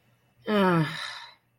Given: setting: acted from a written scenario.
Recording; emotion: vocal sound without words; guilt